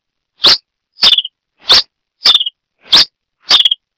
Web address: sonidos Coryphospingus cucullatus - Brasita de fuego